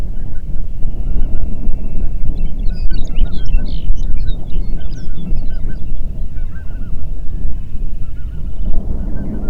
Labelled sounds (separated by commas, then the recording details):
songbird, waterfowl, wind
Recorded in the Prudhoe Bay oil fields, Alaska, on 8 June 2019 at 04:58
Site 30